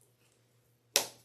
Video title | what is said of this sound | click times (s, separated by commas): No longer live: Takeover Day! Susan makes a Plover Pouch by Noodlehead | them you can kind of hear that little click right | 1.0 s